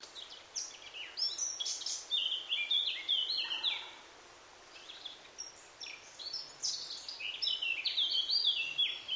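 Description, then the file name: Eurasian blackcap song: two bouts of fast scratchy twitter flowing into mellow whistled warbling, separated by a short pause. "Sylvia atricapilla"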